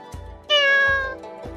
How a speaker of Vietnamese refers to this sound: Mèo đen thấy Triển Chiêu và Bạch Ngọc Đường đi đến, đột nhiên kêu một tiếng.